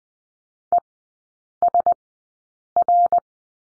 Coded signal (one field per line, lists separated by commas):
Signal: Morse code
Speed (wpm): 20 wpm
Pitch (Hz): 700 Hz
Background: none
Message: ESR